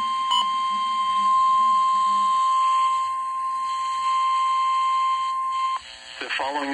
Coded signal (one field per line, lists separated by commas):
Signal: Emergency Alert System (SAME) tones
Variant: 1050 Hz attention tone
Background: speech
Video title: Required Weekly Test (EAS #278) 11/9/22